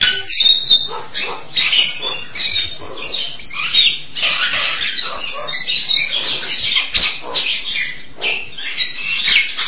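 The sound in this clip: Nias hill myna song: dense, scratchy, high chattering notes tumbling quickly and unevenly for the whole stretch, with little pause.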